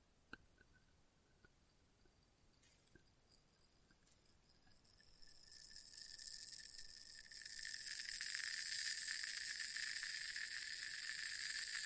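Test tube triggers: a few sharp glassy taps near the start, then a high, thin ringing tone with bright overtones that swells gradually from about five seconds. By eight seconds it settles into a loud, steady, shimmering hum that holds to the end.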